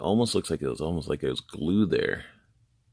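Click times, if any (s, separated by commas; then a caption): none. A loose small plastic part that had come off the toy rifle of a Sideshow Collectibles G.I. Joe Duke figure is handled as it is brought back toward its port on the rifle, while someone talks for most of the clip before it goes quiet after about 2.4 s. Nothing has seated or clicked yet; the part is not yet home and may need a little glue.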